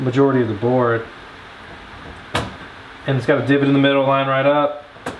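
A RAM module is being lined up by hand with its middle notch over a motherboard memory slot, its serial-number side facing the rest of the board, while someone talks. Two brief sharp handling knocks land at about 2.4 s and 5.1 s. Nothing has seated or clicked into the slot yet.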